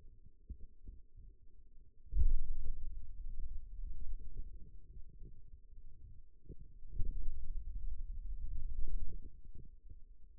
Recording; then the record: forearm muscle sounds (acoustic myography)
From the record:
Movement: pen grasping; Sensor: system 2, bracelet of six BSWA MPA416 microphones around the upper forearm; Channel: 3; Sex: male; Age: 22 years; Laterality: right